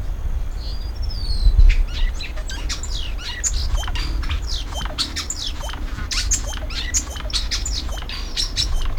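Hummingbird calls: many short, sharp high chips and squeaks in quick irregular bursts over a steady low rumbling background noise.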